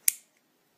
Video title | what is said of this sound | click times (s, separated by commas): Medtronic Minimed Pump Setup | and then you're going to hold and grab the bottom part and you're going to pull down until it clicks in place | 0.1 s